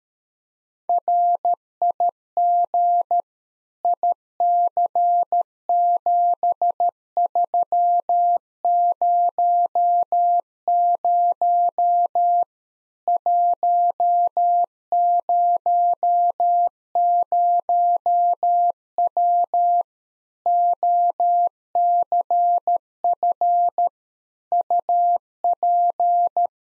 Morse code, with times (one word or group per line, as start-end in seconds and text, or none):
0.9-3.2 RIG
3.8-12.4 IC7300
13.1-19.8 100W
20.5-23.9 OCF
24.5-26.5 UP